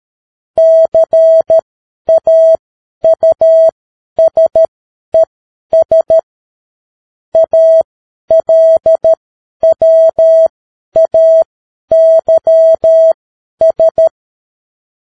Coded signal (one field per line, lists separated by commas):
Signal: Morse code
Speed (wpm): 13 wpm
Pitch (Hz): 650 Hz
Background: none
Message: CAUSES ALWAYS